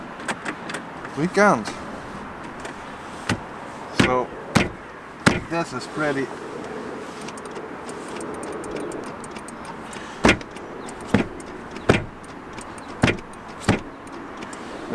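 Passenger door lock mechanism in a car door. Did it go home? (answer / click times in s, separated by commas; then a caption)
no / none. The passenger door handle on a 2006 VW Polo GTI is pulled several times to try to release the stuck door lock mechanism, making a series of short, sharp clacks and rattles while someone talks. No latch click comes from inside the door, and the mechanism does not release, so the door stays shut.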